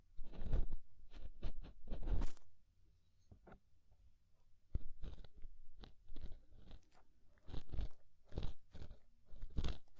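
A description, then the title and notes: Scraping inside and around the ear comes as rough, crackly bursts, each brief and sharp, scattered irregularly across the clip. The first two seconds are busy, then a near-silent stretch follows, with a few faint scratches, before denser crunching scrapes return. Inner and Outer Ear Scraping (No Talking).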